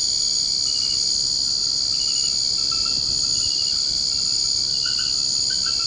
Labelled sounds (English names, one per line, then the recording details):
none
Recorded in secondary vegetation near Puerto Asís, Putumayo, Colombia, on 24 March 2025 at 22:30
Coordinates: 0.488, -76.319
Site G095